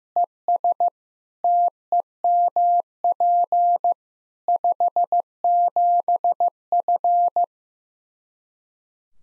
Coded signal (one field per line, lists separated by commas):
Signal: Morse code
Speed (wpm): 15 wpm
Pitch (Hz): 700 Hz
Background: none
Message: ES TEMP 57F